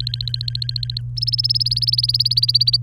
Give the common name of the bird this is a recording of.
Domestic Canary